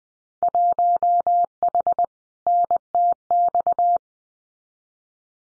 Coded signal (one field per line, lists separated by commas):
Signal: Morse code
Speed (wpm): 20 wpm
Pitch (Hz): 700 Hz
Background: none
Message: 1H NTX